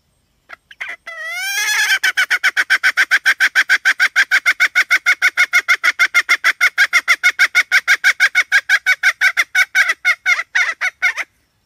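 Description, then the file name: Red junglefowl hen cackling: a wavering rising squawk opens a long, regular run of harsh clucks lasting around ten seconds, then stops. "tieng ga mai rung"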